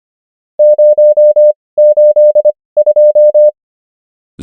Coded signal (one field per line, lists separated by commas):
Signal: Morse code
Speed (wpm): 25 wpm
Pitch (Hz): 600 Hz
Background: none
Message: 082